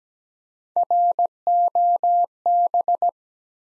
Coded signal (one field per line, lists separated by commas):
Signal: Morse code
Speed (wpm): 17 wpm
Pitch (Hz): 700 Hz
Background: none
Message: ROB